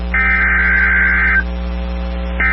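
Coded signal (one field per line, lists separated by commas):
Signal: Emergency Alert System (SAME) tones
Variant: header bursts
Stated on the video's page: Personally captured Oklahoma EAS alerts.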